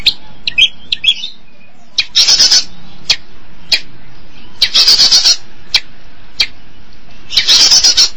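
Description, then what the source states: Long-tailed Shrike song: several long, loud grating rasps with brief scratchy notes between them. Recorded March 2017.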